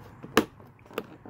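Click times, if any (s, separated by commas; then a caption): 0.4 s, 1.0 s. A new front door switch unit for a 2005–2011 Mercedes ML350 is lined up and pushed into its opening in the car door housing. Its plastic retaining clips snap home with two sharp clicks at 0.4 s and 1.0 s, leaving the unit seated. No one talks.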